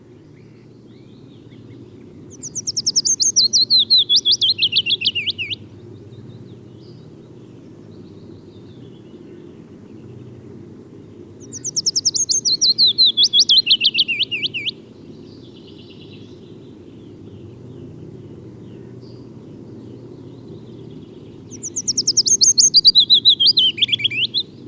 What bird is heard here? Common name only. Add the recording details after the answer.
Willow Warbler. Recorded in the wild. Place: Schönfeld, Brandenburg, DE. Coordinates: 53.396, 14.001. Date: 1988-04-30. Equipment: Nagra III BH, Sennheiser MD 21, parabola. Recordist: Schubert, Michael